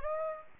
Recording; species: mosquito wingbeat signal from an infrared sensor; Aedes aegypti